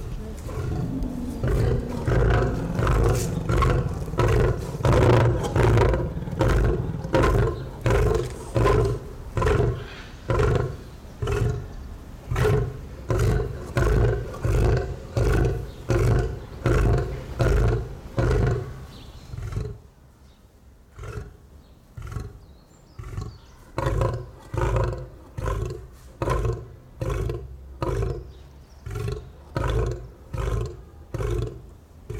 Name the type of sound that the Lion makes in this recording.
call